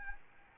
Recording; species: mosquito wingbeat signal from an infrared sensor; Aedes albopictus